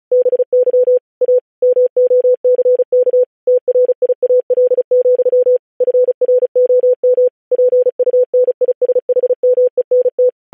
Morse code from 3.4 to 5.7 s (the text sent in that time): TRIAL,